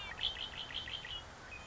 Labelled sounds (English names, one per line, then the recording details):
Red-winged Blackbird
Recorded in Sonoma County, California